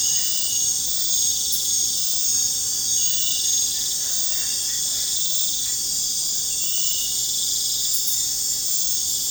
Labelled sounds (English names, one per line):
none